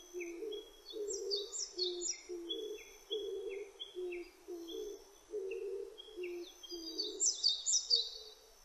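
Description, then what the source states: Oriental turtle dove cooing in low, rough repeated notes, overlaid by busy high-pitched chirps and short whistled phrases from other birds. Recorded on 25 June 2006.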